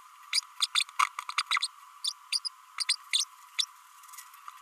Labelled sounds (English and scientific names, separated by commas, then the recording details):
Green-rumped Parrotlet (Forpus passerinus) babbling
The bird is a female
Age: 32 days
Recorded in a nest box in Venezuela
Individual 17B32A7